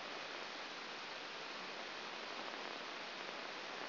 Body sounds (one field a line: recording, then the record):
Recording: brain microelectrode recording played as sound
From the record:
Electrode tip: outside the subthalamic nucleus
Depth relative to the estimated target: -6 mm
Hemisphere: left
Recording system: AlphaMap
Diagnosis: Parkinson's disease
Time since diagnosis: 9 years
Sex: female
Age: 40 years